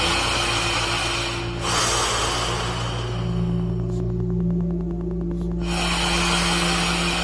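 A person breathes slowly and deeply during a guided relaxation exercise, long airy swells of noise with each inhale and exhale stretching over a few seconds, and a steady low hum droning underneath the whole time.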